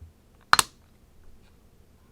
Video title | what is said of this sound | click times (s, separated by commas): How to upgrade your laptops RAM | and usually when you press one down the other side will go ahead and click into place as well and there you have it | 0.5 s